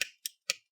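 A captive heatsink screw over the CPU/GPU in a Lenovo Legion 5 Pro 16ACH6H laptop's motherboard standoff is rotated loose until it clicks. Three short, sharp clicks sound at 0.0, 0.3 and 0.5 seconds. The clicks show the screw is fully loosened and released from its thread.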